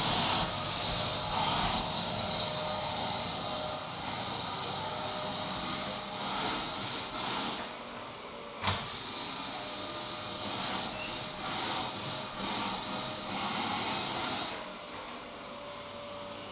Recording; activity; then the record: daily activity, microphone in the room; vacuum cleaning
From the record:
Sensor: 3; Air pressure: 1002.0 hPa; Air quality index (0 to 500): 248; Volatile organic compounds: 52 ppm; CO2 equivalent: 3321 ppm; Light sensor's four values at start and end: 8/24/10/9 and 12/37/16/13